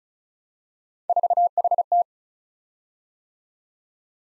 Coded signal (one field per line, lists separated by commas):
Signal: Morse code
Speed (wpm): 36 wpm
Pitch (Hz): 700 Hz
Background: none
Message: 4HT